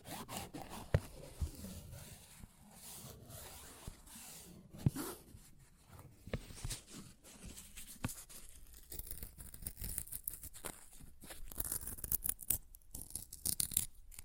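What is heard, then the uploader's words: Paper is ripped and torn in a run of scratchy, crackling pulls across the whole stretch, uneven in pace and loudness. Sharp snaps stand out near one second and again around five seconds, and after about ten seconds the tearing turns brighter, busier and more clicky. ASMR Paper Ripping Tearing Sounds (No Talking).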